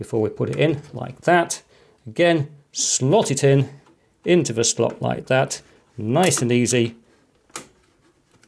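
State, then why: Seated. A second DDR memory module is pressed down into a motherboard DIMM slot while someone talks. A sharp click at 7.6 s is the retaining clips snapping shut, and the module seats in the slot.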